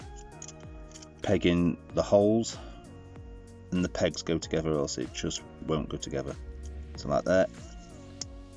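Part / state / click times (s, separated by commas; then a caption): plastic wheel pegs into peg holes on a transforming robot toy / seated / 8.2 s. Someone talks over background music while pressing the plastic wheel part of a Rise of the Beasts Core Class Arcee transforming robot toy onto its pegs, with soft handling taps early on. The wheel pegs seat into their peg holes with a sharp, solid click at 8.2 s.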